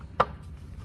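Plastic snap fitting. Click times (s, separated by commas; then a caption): 0.2 s. A plastic Mercio toilet seat is lowered slowly, without forcing it so the hinge is not damaged, until its hinges snap onto the quick-release fixings on the toilet. A single sharp click is heard at 0.2 s over a quiet background, and the seat is locked in on both sides.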